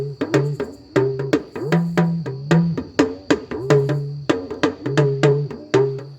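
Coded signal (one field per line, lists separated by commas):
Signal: talking drum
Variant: Yoruba dùndún, oriki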